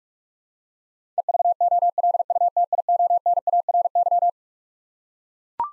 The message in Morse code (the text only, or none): EVOLUTIONARY